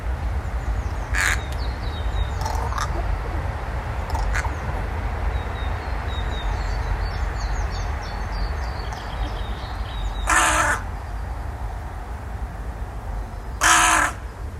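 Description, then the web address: Bird giving harsh, hoarse caws, two loud ones late after fainter calls, over a steady low rumble with faint high chirps in the background. "Bird Only"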